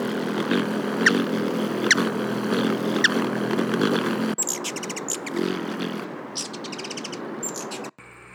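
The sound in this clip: Black-chinned Hummingbird gives a few high chips over a low hum, then quick buzzy rattles of rapid notes in the second half.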